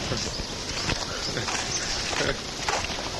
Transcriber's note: laughs